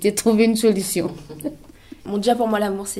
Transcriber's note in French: rire